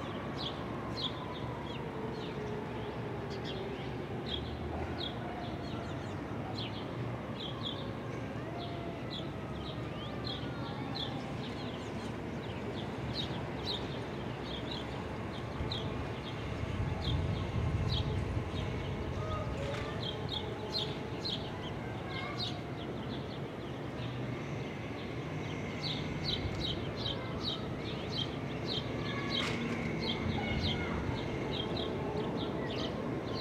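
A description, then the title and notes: Outdoor city ambience from a Brooklyn rooftop: a steady, dense low rumble of traffic runs throughout, with a heavier vehicle swell around 17 seconds. Small birds chirp in quick, frequent bursts over it, and faint tonal engine whines drift past now and then. Ext, Brooklyn Roof.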